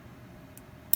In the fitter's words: right there rotate it again snap